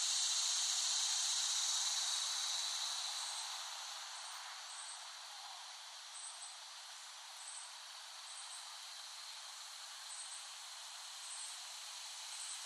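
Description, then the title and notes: Cicadas in a loud high buzz that fades after a few seconds, leaving a softer drone with short high chirps repeating at intervals. Cicadas in West Brighton, Staten Island, late summer 2008. "Dronecast No. 021: The Cicadas of Summer. Recording of cicadas made by Dan Bodah in West Brighton, Staten Island, late summer 2008"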